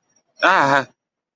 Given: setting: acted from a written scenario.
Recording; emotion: vocal sound without words; negative surprise